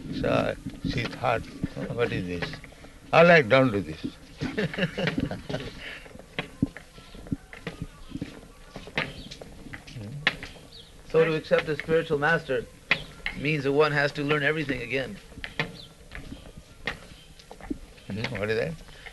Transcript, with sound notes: So she thought, "What is this? All right, don't do this." [laughs]
So to accept a spiritual master means that one has to learn everything again.
What is that?